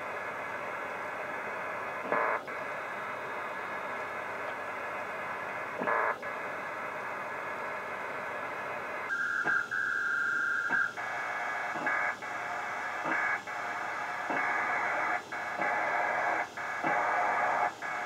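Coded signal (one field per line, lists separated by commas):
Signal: HF data modem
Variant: PACTOR 4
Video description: data transmission on shortwave radio with PACTOR level 4 modem SCS P4dragon DR7800 and ICOM 7600 radio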